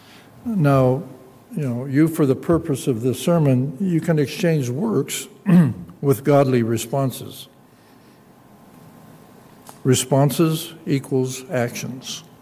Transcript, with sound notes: Now, you know you for the purpose of this sermon, you can exchange works [clears throat] with godly responses. Responses equals actions.